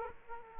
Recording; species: mosquito wingbeat signal from an infrared sensor; Aedes aegypti